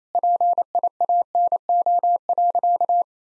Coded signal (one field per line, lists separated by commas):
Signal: Morse code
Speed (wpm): 28 wpm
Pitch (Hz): 700 Hz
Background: none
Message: PIANO.